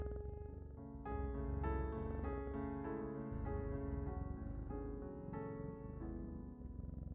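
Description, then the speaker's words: Domestic cat purring, low throbbing rumble rising in strength after the first second, accompanied by layered calm music chords. Cat purring played during the silent part of a guided relaxation meditation, mixed with calming music. "Focus on the sound of the cat's purr and drift off."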